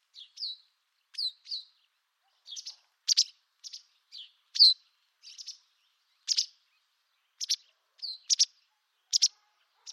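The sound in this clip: Bird chirps, many short high notes and quick downslurred sweeps in scattered bursts against a quiet background.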